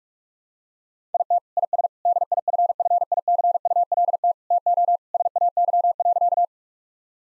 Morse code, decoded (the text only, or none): IT IS DIFFICULT TO SAY.